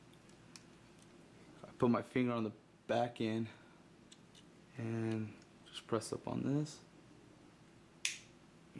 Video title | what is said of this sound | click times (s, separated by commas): BUSHMASTER ACR INSTALLING A TWO STAGE TRIGGER | You hear a snap. | 8.1 s